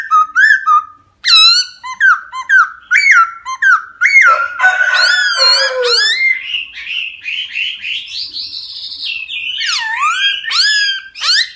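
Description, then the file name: Laughingthrush song of loud whistled notes and repeated slurs, shifting into a long, wavering, rising and falling warble toward the end. Song in the 'wild voice' (giọng rừng) style. "Tieng khuou hot giong rung"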